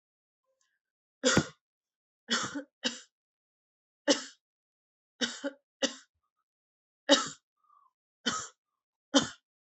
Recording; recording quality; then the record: heavy voluntary cough; excellent, no background noise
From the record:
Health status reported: recovered from COVID-19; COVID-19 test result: positive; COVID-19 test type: RT-PCR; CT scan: not taken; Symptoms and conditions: loss of smell and taste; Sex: female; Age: 22 years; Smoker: no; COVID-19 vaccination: both doses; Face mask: not worn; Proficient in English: yes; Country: India